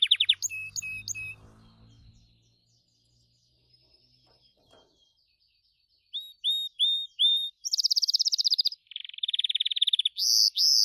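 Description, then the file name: Gloster canary song: a few short curling notes over a low hum, a long pause, then more curling notes and dense buzzy high trills with brief gaps. "canto do canario gloster"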